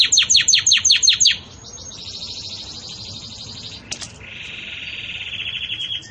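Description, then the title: Belgian canary song beginning with loud, rapid descending notes, then quieter sustained rolling trills at two pitches. Belgian canary song in the campainha (bell) style, used for tutoring young canaries. "Canto Do Canário Belga Campainha Para Encarte De Filhotes"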